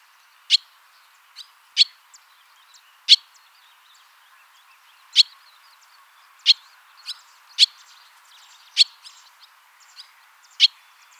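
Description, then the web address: Barn swallow calls: crisp, clipped high chirps at uneven intervals, some louder and some faint, over steady light hiss. "hirundo rustica call"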